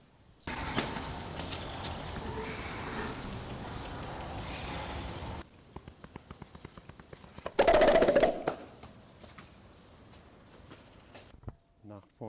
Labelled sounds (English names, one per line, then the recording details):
Western Gorilla
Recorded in captivity
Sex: male
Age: adult
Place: Zoo Berlin, Berlin, DE
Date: 1995-08-05 19:38
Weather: sonnig, 25°C
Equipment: Nagra SN, Sennheiser ME 80, Kopie Tesla B 116
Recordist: Tembrock, Günter